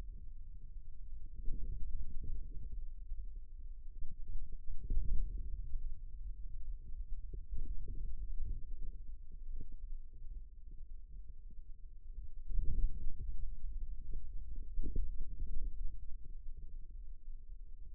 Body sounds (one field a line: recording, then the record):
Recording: forearm muscle sounds (acoustic myography)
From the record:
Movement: radial deviation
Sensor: system 2, bracelet of six BSWA MPA416 microphones around the upper forearm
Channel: 2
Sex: male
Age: 22 years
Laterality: right